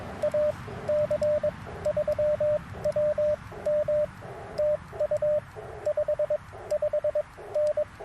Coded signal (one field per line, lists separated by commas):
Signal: Morse code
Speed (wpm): 22 wpm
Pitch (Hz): 600 Hz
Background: radio noise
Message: AC3WM TU 55N